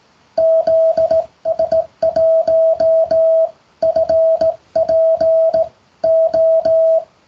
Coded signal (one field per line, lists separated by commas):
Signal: Morse code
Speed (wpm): 17 wpm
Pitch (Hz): 650 Hz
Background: music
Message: ZS1FPO